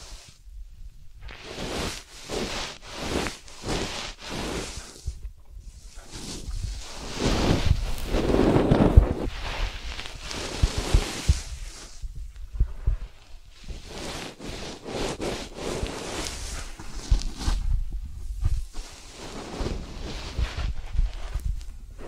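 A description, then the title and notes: An ASMR ear treatment of dense, crackling rustles and brushing strokes, coming in bursts with short gaps between them. Around eight to nine seconds there is a fuller, lower scraping passage with a couple of sharp taps, and the textured rubbing then continues unevenly to the end. ASMR 3D Brain Penetrating Ear Treatment.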